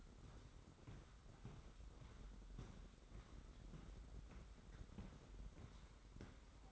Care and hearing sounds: daily activity, microphone in the room; walk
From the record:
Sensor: 3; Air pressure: 990.7 hPa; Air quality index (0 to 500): 171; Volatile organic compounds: 1000 ppm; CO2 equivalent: 5535 ppm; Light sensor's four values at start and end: 36/84/34/32 and 37/87/35/33

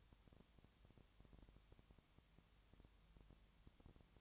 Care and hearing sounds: daily activity, microphone in the room; no activity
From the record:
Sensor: 3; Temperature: 20.6 degrees Celsius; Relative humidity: 34.7%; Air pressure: 1007.2 hPa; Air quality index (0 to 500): 137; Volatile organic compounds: 3 ppm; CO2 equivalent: 1525 ppm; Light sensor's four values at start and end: 2/3/2/2 and 2/3/2/2

